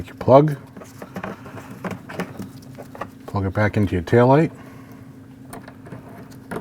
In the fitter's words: Wait for the click.